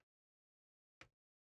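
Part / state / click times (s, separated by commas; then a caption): 5.25-inch SSD bay converter locked into a tool-less computer case drive bay / seated / 1.0 s. A SilverStone 5.25-inch bay converter holding four 2.5-inch SSDs sits slid into a tool-less PC case, and its drive bay locking lever is pulled. After a brief faint sound at the very start and a near-silent gap, a single sharp, broadband click lands at 1.0 s as the lever locks the converter into place in the bay.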